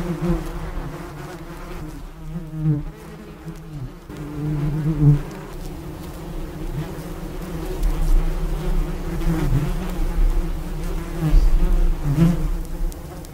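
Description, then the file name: Bee buzz, a continuous low hum with several harmonic bands, wavering in pitch and loudness, with brief surges and dips throughout. "Abeille"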